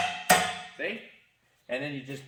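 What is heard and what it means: A click-type torque wrench is pulled on the next wheel bolt of a Fendt 1050 tractor being fitted with triples, and it gives a sharp metallic click with a ringing decay at 0.3 s. The click confirms the bolt has reached its set torque. Someone talks before and after the click.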